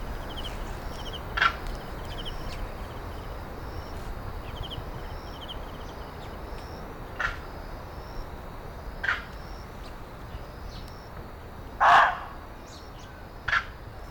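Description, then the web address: Taiwan blue magpie uttering short, rough, crow-like calls at irregular gaps, with a longer grating call near twelve seconds; faint high chirps of other birds and steady background noise. Recorded at Zhiben, Taitung, Taiwan, in 2022. "2022 02 19-台東知本-台灣藍鵲"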